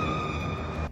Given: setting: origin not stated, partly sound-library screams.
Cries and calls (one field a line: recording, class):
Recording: one-second piece from a danger detection set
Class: woman in danger